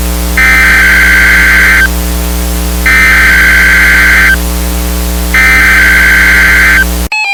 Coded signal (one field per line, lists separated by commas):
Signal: Emergency Alert System (SAME) tones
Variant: header bursts